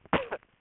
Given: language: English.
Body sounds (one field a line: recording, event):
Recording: throat vibration sensor signal played as sound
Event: cough